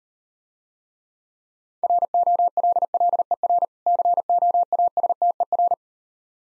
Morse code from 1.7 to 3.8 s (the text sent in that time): ROLLER